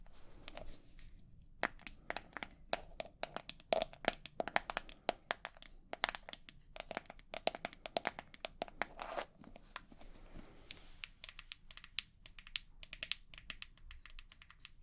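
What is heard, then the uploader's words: Tapping comes in quick, irregular bursts of sharp, bright clicks, densest from about two to nine seconds. The taps thin out after ten seconds, with a few scattered strikes near the end. A faint crinkling texture sits underneath. 100% Tapping.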